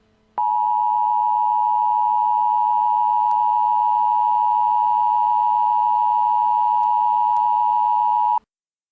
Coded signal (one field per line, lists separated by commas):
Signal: Emergency Alert System (SAME) tones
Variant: 853 and 960 Hz attention tone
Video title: EAS in Movies: "Deep Impact"